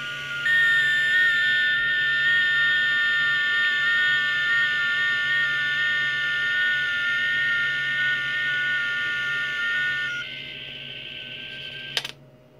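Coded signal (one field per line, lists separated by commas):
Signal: FT8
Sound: several steady overlapping whistling tones with small pitch steps, stopping after about ten seconds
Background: radio static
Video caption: second contact FTA 30 meters [Music] [Music] third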